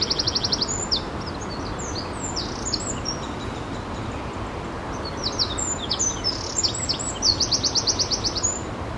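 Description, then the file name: Eurasian wren singing, rapid high-pitched chips and buzzy trills strung into quick phrases, opening and closing with a dense rattle, steady hiss underneath. "Troglodytes troglodytes"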